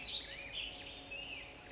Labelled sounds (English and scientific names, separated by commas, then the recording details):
Black-headed Grosbeak (Pheucticus melanocephalus)
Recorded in Sonoma County, California